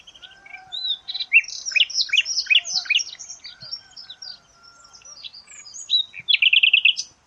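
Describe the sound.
Bird chirps and warbles in a dense, jumbled high stream, ending with a short rapid buzzy run of notes.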